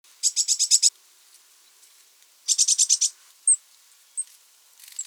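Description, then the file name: Eurasian blue tit giving two rapid buzzy churring bursts of several pulses each, followed by a few thin, very high single notes. "Cyanistes caeruleus"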